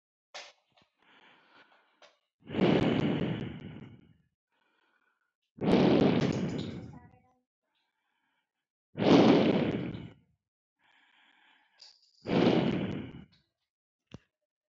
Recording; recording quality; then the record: shallow breathing; excellent, no background noise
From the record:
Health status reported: healthy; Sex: male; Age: 38 years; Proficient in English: yes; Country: India